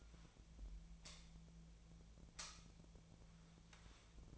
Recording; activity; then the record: daily activity, microphone in the room; light on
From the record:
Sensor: 1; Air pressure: 1009.8 hPa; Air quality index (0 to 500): 190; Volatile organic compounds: 18 ppm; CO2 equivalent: 2603 ppm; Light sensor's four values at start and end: 36/91/38/46 and 47/134/55/63